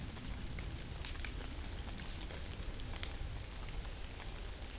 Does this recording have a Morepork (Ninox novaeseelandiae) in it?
no